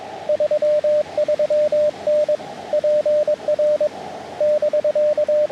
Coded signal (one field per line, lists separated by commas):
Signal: Morse code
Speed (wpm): 22 wpm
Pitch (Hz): 600 Hz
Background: radio noise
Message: 33N PR <BK>